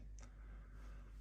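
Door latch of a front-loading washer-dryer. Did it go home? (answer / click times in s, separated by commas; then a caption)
yes / 0.2 s. The door latch of a front-loading Beko WDER8540421 washer-dryer is firmly pushed shut after a laundry tab is put inside the machine. A single sharp, brief click sounds at 0.2 s over a quiet background hum. The door latch catches and the door is shut.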